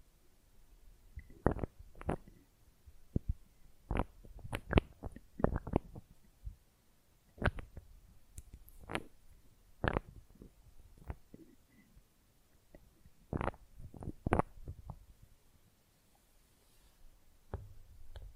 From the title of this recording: Manicure Session Fast & Rough Nail Filing + Tapping